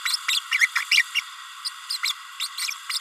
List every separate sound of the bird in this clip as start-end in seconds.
0.05-0.16, 0.28-0.40, 0.51-0.68, 0.75-0.84, 0.91-1.04, 1.14-1.21, 1.65-1.70, 1.89-1.98, 2.03-2.13, 2.40-2.48, 2.57-2.70, 2.89-2.99